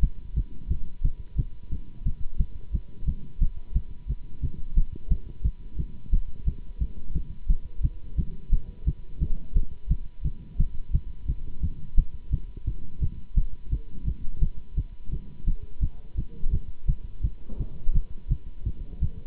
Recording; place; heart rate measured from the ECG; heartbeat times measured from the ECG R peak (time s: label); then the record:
heart sounds by stethoscope; between the tricuspid and mitral areas; 174 bpm
0.02 s: heartbeat
0.35 s: heartbeat
0.69 s: heartbeat
1.03 s: heartbeat
1.37 s: heartbeat
1.71 s: heartbeat
2.04 s: heartbeat
2.38 s: heartbeat
2.72 s: heartbeat
3.06 s: heartbeat
3.40 s: heartbeat
3.74 s: heartbeat
4.08 s: heartbeat
4.42 s: heartbeat
4.76 s: heartbeat
5.10 s: heartbeat
5.43 s: heartbeat
5.77 s: heartbeat
6.12 s: heartbeat
6.46 s: heartbeat
6.80 s: heartbeat
7.14 s: heartbeat
7.48 s: heartbeat
7.82 s: heartbeat
8.17 s: heartbeat
8.51 s: heartbeat
8.86 s: heartbeat
9.20 s: heartbeat
9.55 s: heartbeat
9.89 s: heartbeat
10.24 s: heartbeat
10.58 s: heartbeat
10.93 s: heartbeat
11.27 s: heartbeat
11.62 s: heartbeat
11.97 s: heartbeat
12.31 s: heartbeat
12.66 s: heartbeat
13.01 s: heartbeat
13.36 s: heartbeat
13.71 s: heartbeat
14.05 s: heartbeat
14.41 s: heartbeat
14.76 s: heartbeat
15.11 s: heartbeat
15.46 s: heartbeat
15.81 s: heartbeat
16.16 s: heartbeat
16.52 s: heartbeat
16.87 s: heartbeat
17.22 s: heartbeat
17.58 s: heartbeat
17.94 s: heartbeat
18.29 s: heartbeat
18.65 s: heartbeat
19.01 s: heartbeat
From the record:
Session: Bruce protocol treadmill stress test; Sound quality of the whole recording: good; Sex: male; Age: 24 years